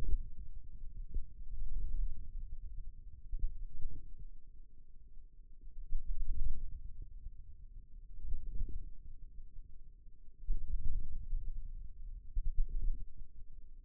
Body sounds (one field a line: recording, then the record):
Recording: forearm muscle sounds (acoustic myography)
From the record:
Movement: wrist flexion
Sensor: system 2, bracelet of six BSWA MPA416 microphones around the upper forearm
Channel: 3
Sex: male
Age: 22 years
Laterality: right